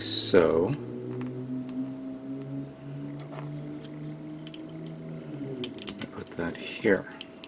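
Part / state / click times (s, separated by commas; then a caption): plastic model kit part into its mating part on the mech model / not seated / none. A plastic part of a 1/144 HG Jegan Gunpla model kit is handled and pressed toward its mating part on the mech model during assembly while someone talks over a steady low hum. Light plastic taps and clicks of handling come near 1.7, 4.5, 5.6–6.0 and 7.4 seconds. The part has not seated or snapped into place yet.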